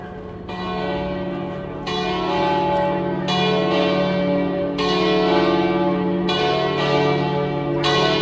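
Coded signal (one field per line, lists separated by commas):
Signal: bell signal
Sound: large church bells ringing in a swinging peal, overlapping resonant strokes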